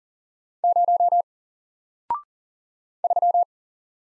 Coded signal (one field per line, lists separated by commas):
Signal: Morse code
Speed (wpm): 40 wpm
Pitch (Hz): 700 Hz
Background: none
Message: 0 3